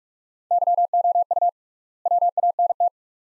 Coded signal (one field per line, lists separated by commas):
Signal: Morse code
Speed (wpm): 46 wpm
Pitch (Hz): 700 Hz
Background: none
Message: YOU WANT